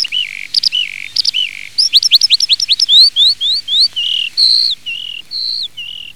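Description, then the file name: Eurasian skylark song opens with slurred chirps, speeds into a quick series of upswept notes, then settles into steadier, longer whistled phrases. "ALLODOLA"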